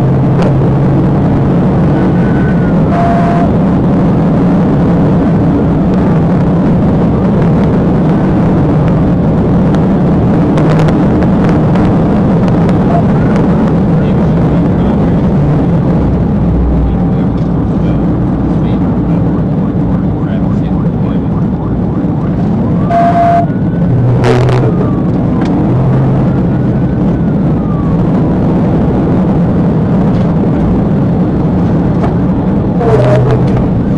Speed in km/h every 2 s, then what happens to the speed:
172, 179, 185, 187, 193, 200, 193, 171, 153, 153, 151, 153, 159, 163, 164, 156, 142.
0-11 speeds up to 200. 11-20 brakes to 151. 20-28 speeds up to 164. 28-34 brakes to 142.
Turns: none.